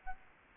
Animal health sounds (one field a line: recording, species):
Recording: mosquito wingbeat signal from an infrared sensor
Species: Aedes albopictus